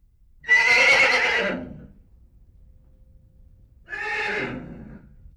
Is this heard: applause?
no